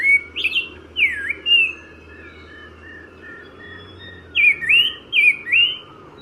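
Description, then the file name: Black-breasted thrush song: loud, clear whistled phrases of swooping slurred notes in two bursts, with a faint steady series of softer notes between them. Nagaland, India. "Black-breasted-Thrush Turdus-dissimilis Nagaland"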